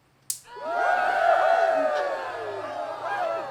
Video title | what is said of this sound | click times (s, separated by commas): ThunderMax ECU and S&S Exhaust Install - Part 2 | And then same with the front. You're gonna hear it click. | 0.3 s